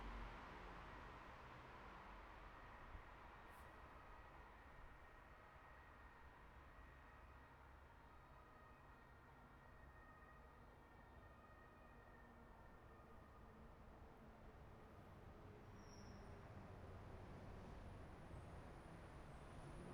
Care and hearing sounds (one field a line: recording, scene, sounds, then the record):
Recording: everyday scene through a hearing-aid microphone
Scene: in traffic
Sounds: traffic, siren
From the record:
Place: bus stop on a city main road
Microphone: behind the ear, right, front